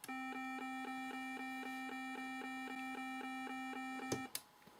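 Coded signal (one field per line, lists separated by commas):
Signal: none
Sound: computer playing musical notes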